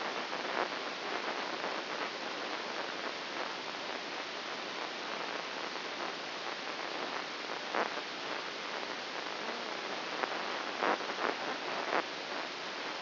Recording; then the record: brain microelectrode recording played as sound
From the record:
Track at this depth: inside the subthalamic nucleus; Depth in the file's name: 2.802 mm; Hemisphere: right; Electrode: 2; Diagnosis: Parkinson's disease